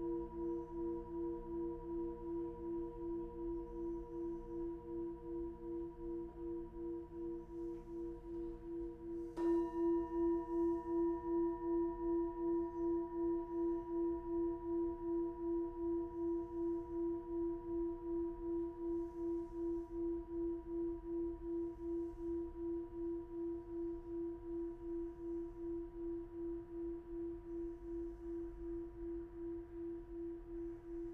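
Singing bowls ring in a sound bath, a sustained low-mid hum with a steady, gentle pulsing wobble. Around nine seconds a new strike adds a brighter, louder tone that settles in and hums evenly, slowly fading through the remaining twenty seconds.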